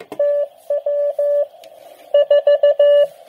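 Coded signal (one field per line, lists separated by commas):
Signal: Morse code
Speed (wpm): 14 wpm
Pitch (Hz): 580 Hz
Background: radio noise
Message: TW 4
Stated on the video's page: QRP contact using a portable uSDX 8-band SDR transceiver.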